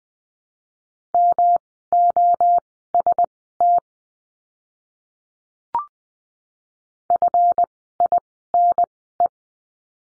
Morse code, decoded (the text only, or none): MOST FINE